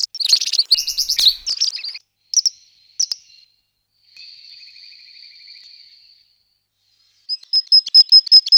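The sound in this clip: Bird song with dense high twittering and buzzy phrases at the start, a few sharp notes, a long thin high trill, then a fast run of repeated high chirps.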